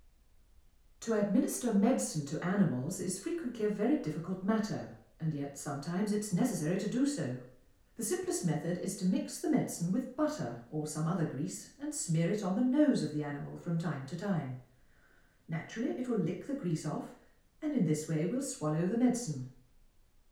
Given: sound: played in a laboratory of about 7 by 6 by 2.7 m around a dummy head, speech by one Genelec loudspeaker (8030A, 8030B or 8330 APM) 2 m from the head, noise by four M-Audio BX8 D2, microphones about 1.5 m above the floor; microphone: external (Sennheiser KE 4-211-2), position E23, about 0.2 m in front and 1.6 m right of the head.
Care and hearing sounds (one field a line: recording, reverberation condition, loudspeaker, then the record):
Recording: female speech in English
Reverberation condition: medium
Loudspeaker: 150 degrees to the left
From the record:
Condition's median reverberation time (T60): about 510 ms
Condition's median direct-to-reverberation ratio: about -0.5 dB